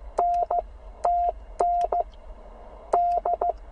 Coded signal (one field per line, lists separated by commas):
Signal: Morse code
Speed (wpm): 15 wpm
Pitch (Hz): 700 Hz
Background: none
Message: N TN D